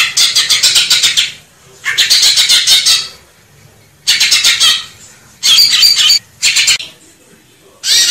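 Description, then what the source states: Grey-cheeked bulbul song, separate brief bursts of loud, harsh, rattling chatter with quiet gaps between. Masteran, made for training cage birds.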